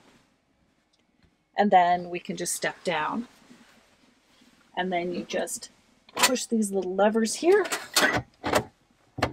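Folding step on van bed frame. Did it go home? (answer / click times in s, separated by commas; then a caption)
released / 9.2 s. Someone talks while small levers on a folding step on a van bed frame are pushed to release its lock. At 9.2 s the step folds back into its stowed position with a loud knock, and the lock is released.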